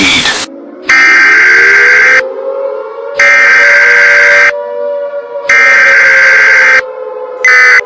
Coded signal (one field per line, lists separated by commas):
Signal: Emergency Alert System (SAME) tones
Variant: header bursts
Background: speech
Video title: EAS: The Riot